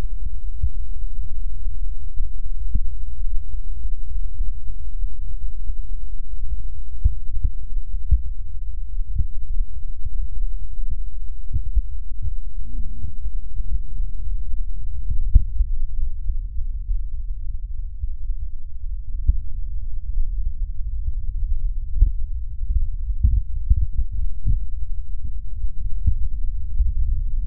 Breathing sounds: lung sounds by stethoscope; right posterior basal chest; quiet breathing, then deep breathing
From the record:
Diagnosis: none (healthy); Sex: male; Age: 23 years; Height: 185 cm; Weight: 93 kg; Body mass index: 27.2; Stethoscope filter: bell mode

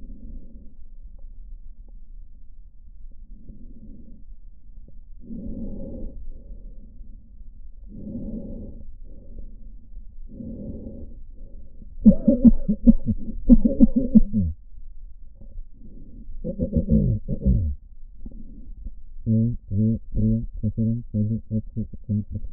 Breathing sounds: lung sounds by stethoscope; left posterior basal chest; quiet breathing, then cough and speech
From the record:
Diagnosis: none (healthy); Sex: male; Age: 45 years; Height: 173 cm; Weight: 92 kg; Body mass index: 30.7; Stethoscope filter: diaphragm mode

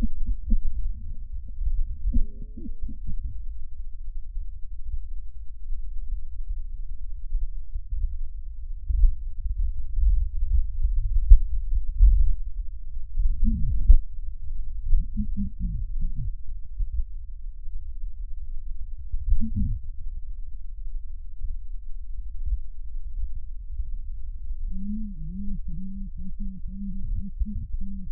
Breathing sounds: lung sounds by stethoscope; right anterior apical chest; quiet breathing, then cough and speech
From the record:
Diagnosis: pulmonary infection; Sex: female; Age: 74 years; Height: 160 cm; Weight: 66 kg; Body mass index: 25.8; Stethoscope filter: bell mode

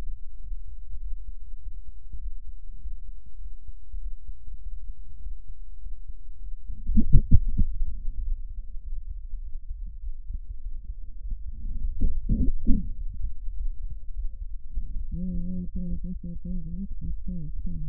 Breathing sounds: lung sounds by stethoscope; left anterior apical chest; quiet breathing, then cough and speech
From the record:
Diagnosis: interstitial lung disease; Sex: female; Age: 70 years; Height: 160 cm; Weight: 93 kg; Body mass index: 36.3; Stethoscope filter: bell mode

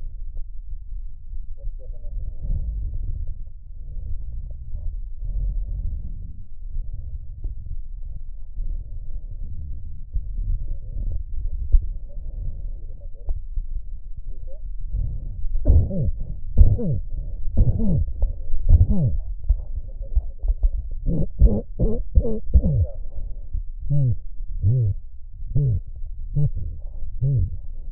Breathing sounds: lung sounds by stethoscope; right anterior apical chest; quiet breathing, then cough and speech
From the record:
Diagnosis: COPD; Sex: male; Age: 70 years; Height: 170 cm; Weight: 74 kg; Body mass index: 25.6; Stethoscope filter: extended mode

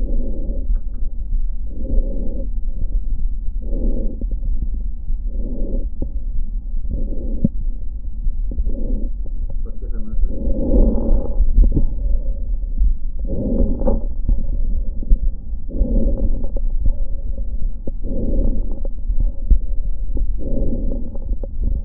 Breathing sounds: lung sounds by stethoscope; left posterior basal chest; quiet breathing, then deep breathing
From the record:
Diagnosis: interstitial lung disease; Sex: female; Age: 68 years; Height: 152 cm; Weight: 76 kg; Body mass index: 32.9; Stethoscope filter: diaphragm mode

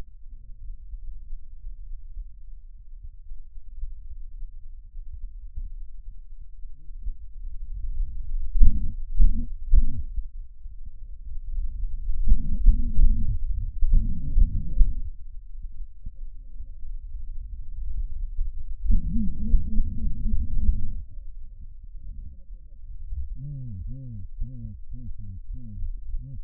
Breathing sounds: lung sounds by stethoscope; right anterior apical chest; quiet breathing, then cough and speech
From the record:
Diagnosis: pulmonary infection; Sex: male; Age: 74 years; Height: 171 cm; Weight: 80 kg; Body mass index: 27.4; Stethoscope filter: bell mode

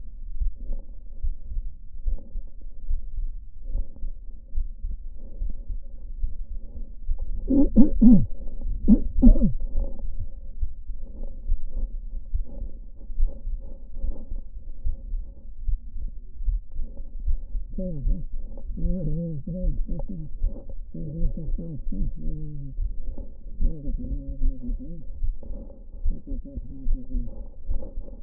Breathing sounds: lung sounds by stethoscope; right posterior apical chest; quiet breathing, then cough and speech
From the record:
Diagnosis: interstitial lung disease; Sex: male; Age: 72 years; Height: 167 cm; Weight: 74 kg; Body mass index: 26.5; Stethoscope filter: diaphragm mode

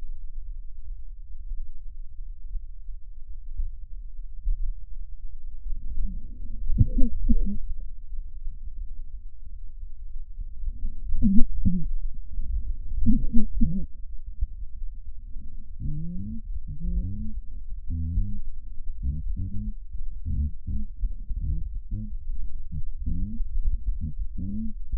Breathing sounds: lung sounds by stethoscope; left posterior basal chest; quiet breathing, then cough and speech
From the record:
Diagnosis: COPD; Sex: female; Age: 68 years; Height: 150 cm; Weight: 70 kg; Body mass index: 31.1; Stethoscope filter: bell mode

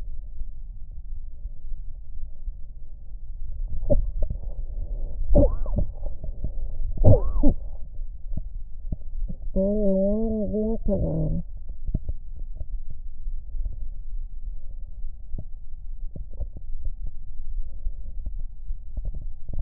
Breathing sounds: lung sounds by stethoscope; right anterior apical chest; quiet breathing, then cough and speech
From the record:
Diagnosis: asthma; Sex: female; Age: 74 years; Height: 155 cm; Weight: 63 kg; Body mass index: 26.2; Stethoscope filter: extended mode

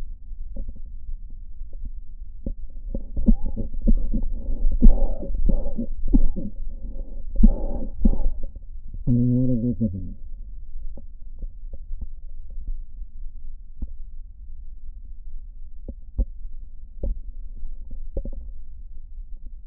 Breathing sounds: lung sounds by stethoscope; right posterior basal chest; quiet breathing, then cough and speech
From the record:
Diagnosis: COPD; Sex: male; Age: 77 years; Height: 172 cm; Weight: 94 kg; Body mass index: 31.8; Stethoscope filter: diaphragm mode

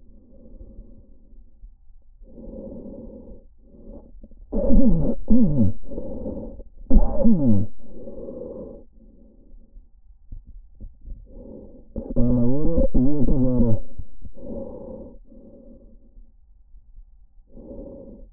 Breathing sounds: lung sounds by stethoscope; trachea; quiet breathing, then cough and speech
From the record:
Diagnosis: interstitial lung disease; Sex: male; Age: 66 years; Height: 164 cm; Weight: 76.2 kg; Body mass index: 28.3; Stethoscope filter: diaphragm mode

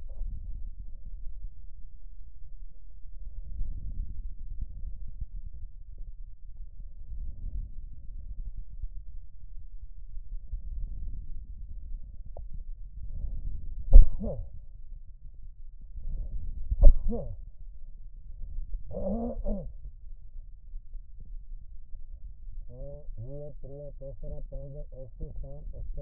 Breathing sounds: lung sounds by stethoscope; left posterior basal chest; quiet breathing, then cough and speech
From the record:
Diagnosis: pulmonary infection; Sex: male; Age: 54 years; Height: 187 cm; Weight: 95 kg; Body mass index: 27.2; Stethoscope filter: extended mode

